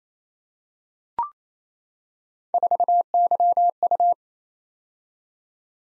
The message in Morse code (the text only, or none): 4YU